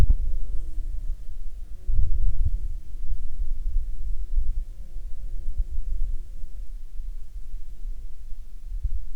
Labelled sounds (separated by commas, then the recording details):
insects
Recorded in Ivvavik National Park, Yukon, on 28 June 2019 at 12:35
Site SINP09